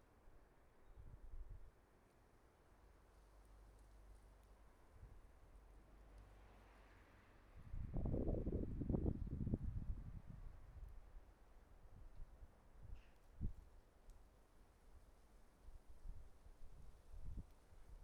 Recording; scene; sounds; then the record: everyday scene through a hearing-aid microphone; wind on the microphone; wind, traffic, birds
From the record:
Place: suburban garden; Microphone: behind the ear, right, rear